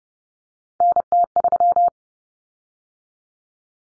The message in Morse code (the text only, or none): NT3